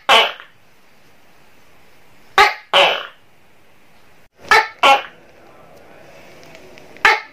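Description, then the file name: Tokay gecko calling, a sharp clipped note followed by a longer, harsher note, the two-part call repeated about every two seconds, in otherwise quiet surroundings. "suara tokek seram"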